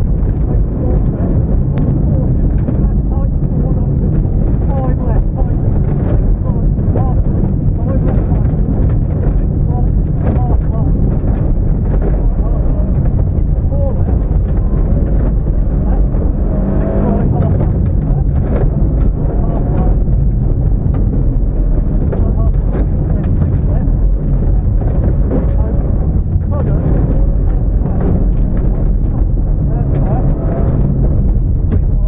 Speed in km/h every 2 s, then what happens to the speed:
134, 126, 105, 98, 93, 82, 58, 60, 82, 81, 74, 69, 58, 60, 60, 60.
0-12 brakes to 58. 12-16 speeds up to 82. 19-23 brakes to 58.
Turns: none.